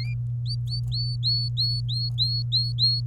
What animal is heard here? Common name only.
Domestic Canary